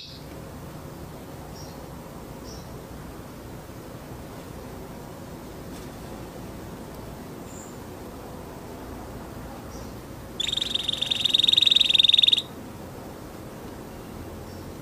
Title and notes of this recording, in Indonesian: PANCINGAN KENARI MACET. Kenari Oranye